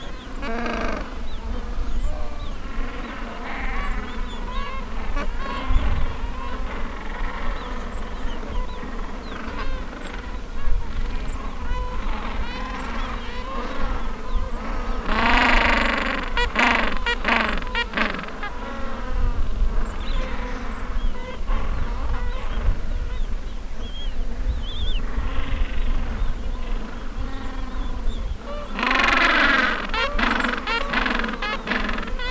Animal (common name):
Gentoo Penguin